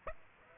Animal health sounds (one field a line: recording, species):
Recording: mosquito wingbeat signal from an infrared sensor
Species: Aedes aegypti